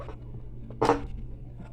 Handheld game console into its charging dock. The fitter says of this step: I heard a click, right? I heard a click, but